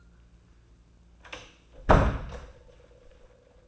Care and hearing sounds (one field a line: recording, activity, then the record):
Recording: daily activity, microphone in the room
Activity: close door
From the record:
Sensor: 2